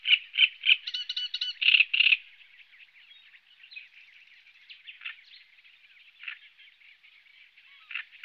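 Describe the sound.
Great reed warbler song opening with loud, harsh repeated croaking notes, then fading into softer, scratchy chatter.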